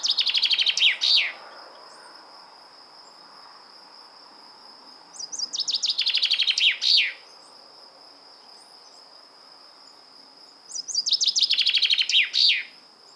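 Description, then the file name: Common chaffinch singing three times, roughly every five seconds, each a bright accelerating descending trill ending in a sharp flourish, with a thin steady high tone between songs. "Fringilla coelebs"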